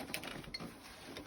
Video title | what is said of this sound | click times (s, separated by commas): DIY Passageway Door Knob Removal and Repair | and it is that's good and solid I'm gonna pop my cover back on here I'll | 0.1 s, 0.5 s